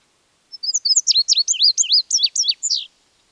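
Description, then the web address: Bird uttering a rapid string of bright, downward-swooping chirps, closely spaced, ending with a slightly longer slurred note. An exotic bird with unusual colouring. "sonido de un pajaro exotico con una coloracion inusual"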